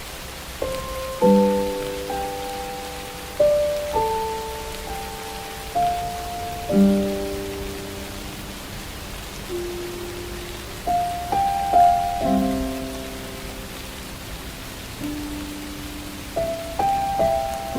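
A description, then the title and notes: Steady rain hisses underneath while soft sustained musical notes and chords enter every few seconds, each ringing and slowly fading throughout. Farm academia atmosphere with rain.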